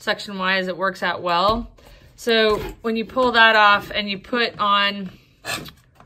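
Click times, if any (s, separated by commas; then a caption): none. A powered brush head is being fitted onto the plastic wand of a Tineco A10 Hero cordless stick vacuum after the dust brush was removed. Someone talks throughout, with a brief handling noise near the end at 6.0 s. Nothing has seated or clicked into place yet.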